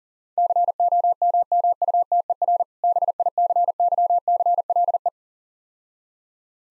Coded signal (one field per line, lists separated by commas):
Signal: Morse code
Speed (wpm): 40 wpm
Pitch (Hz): 700 Hz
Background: none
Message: COMMUTER BICYCLE